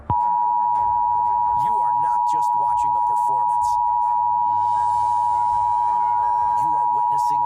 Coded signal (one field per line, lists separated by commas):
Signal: Emergency Alert System (SAME) tones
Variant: 853 and 960 Hz attention tone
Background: speech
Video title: (EAS MOCK) Portland, IN Derailment of 2022